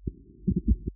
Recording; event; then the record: neck accelerometer signal played as sound; voluntary cough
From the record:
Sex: female